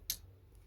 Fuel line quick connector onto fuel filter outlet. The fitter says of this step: hear the click and that's it